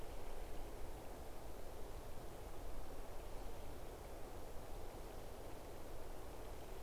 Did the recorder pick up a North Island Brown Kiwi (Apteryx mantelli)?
no